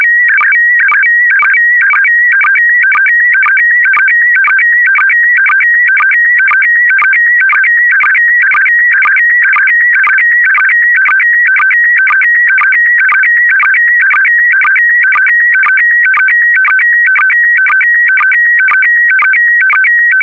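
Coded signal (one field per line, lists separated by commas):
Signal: SSTV (slow-scan television)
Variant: PD120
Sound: warbling tones stepping in a fixed cycle, with short low blips twice a second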